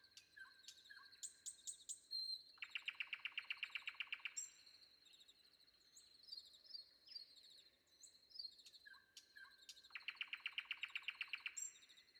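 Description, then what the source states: Nightingale singing: scattered notes give way to a long, fast rattle of repeated notes lasting about two seconds. After more varied notes the rattle returns near the end. Sung before dawn.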